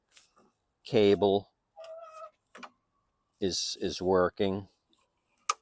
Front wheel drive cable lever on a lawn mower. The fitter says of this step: Yep, it clicked into place, so